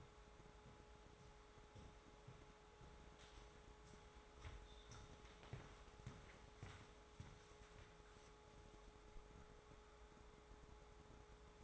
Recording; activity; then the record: daily activity, microphone in the room; walk to room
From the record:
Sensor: 3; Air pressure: 1010.4 hPa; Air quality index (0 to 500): 166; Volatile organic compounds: 9 ppm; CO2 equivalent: 2170 ppm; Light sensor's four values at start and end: 47/116/51/57 and 52/122/56/62